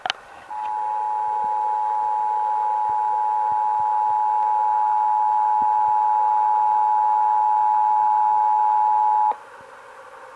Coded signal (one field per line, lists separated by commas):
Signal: Emergency Alert System (SAME) tones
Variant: 853 and 960 Hz attention tone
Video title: (EAS #1,018-1,024) April 2026 Texas Required Monthly Test